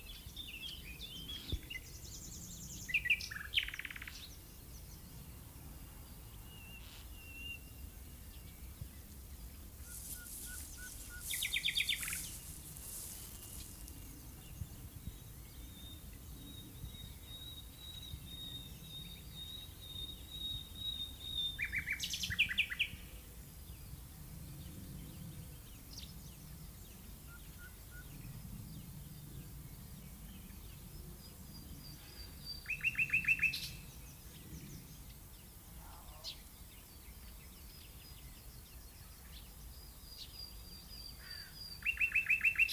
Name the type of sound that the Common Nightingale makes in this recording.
song